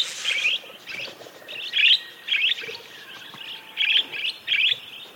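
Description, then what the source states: Budgerigar chirps: short warbled squeaky notes in clusters, roughly every half second to a second, with quieter chatter between. Several budgies described as happy.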